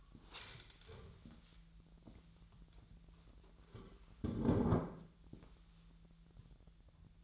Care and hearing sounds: daily activity, microphone in the room; stand up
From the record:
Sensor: 3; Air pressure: 1001.5 hPa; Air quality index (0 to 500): 248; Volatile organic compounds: 142 ppm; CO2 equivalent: 3987 ppm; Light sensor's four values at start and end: 9/20/8/8 and 8/18/7/7

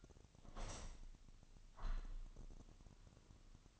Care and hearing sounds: daily activity, microphone in the room; open window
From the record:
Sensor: 4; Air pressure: 1005.6 hPa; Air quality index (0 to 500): 92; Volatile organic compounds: 2 ppm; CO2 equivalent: 1138 ppm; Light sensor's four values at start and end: 13/29/11/11 and 13/29/11/11

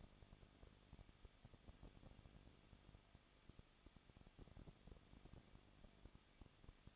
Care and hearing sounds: daily activity, microphone in the room; no activity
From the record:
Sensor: 4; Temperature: 23.0 degrees Celsius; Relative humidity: 34.2%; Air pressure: 1007.2 hPa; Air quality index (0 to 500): 217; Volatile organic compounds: 16 ppm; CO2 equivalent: 2522 ppm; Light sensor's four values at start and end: 2/3/1/1 and 2/3/1/1

